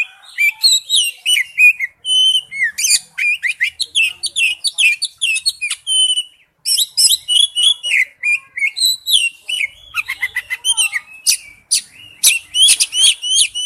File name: tieng chich choe than hot